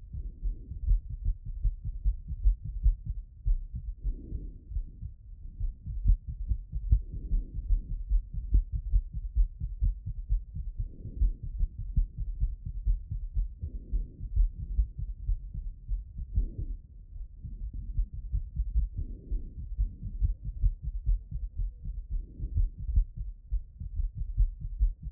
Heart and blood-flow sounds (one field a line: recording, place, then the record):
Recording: heart sounds by stethoscope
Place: aortic valve (AV)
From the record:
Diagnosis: non-HFrEF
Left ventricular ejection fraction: 41%